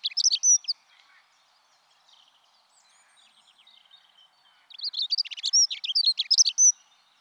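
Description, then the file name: Dunnock singing a fast, scratchy warble of thin high notes, a brief phrase at the opening, then a longer tumbling burst from about 4.7 to 6.8 seconds. "Accenteur mouchet"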